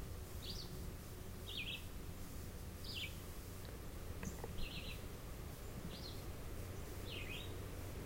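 Red-eyed vireo singing brief phrases, about one every 1.3 seconds with pauses between, over constant low rumbling background noise.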